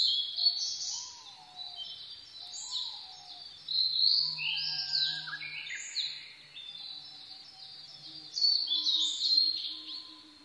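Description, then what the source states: Blue-and-white flycatcher singing clear whistled and slurred high phrases, with lower rising whistles and a faint low hum. 22 May 2011 at 04:34.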